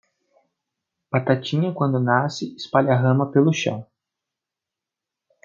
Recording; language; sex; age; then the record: short text; Brazilian Portuguese; male; 20 to 29 years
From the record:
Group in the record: control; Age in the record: 26 years